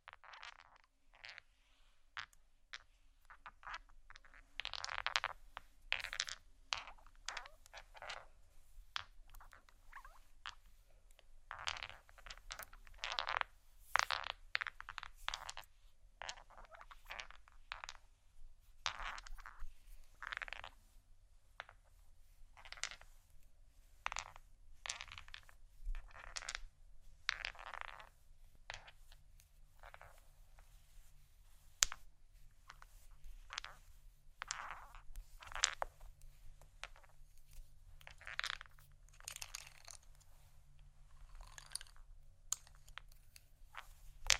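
Crystals and glassy stones click and clink against one another in a dense, irregular run of short, bright taps that continues for the whole stretch, busiest in the middle. A soft, steady low hum sits underneath throughout.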